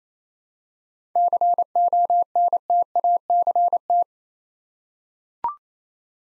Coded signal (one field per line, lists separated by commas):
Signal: Morse code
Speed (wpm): 27 wpm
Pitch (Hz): 700 Hz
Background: none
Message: CONTACT